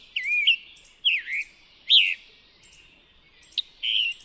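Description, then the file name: Scarlet tanager song with husky, slurred phrases, three in a row, a brief pause, then two more, one a short sharp note. Recorded in New York. "scarlet tanager NY"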